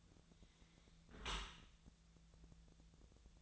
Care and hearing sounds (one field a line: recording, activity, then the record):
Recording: daily activity, microphone in the room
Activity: close dishwasher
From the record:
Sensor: 3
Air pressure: 1000.5 hPa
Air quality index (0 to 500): 175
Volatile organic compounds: 3 ppm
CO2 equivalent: 1515 ppm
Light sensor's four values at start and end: 13/35/14/15 and 13/35/14/15